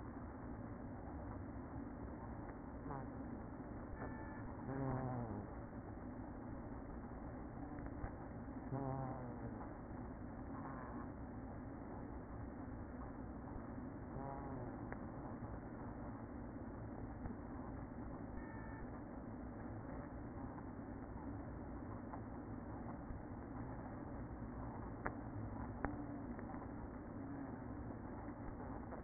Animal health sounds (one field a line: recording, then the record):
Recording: honeybee colony, microphone inside the hive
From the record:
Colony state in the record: queen present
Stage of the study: after two queens were removed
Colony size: about 60,000 bees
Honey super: yes